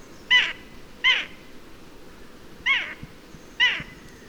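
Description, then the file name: Eurasian jay giving four short, harsh, rasping calls with a falling tail, spaced irregularly about a second apart, over a low background hiss. "Garrulus glandarius"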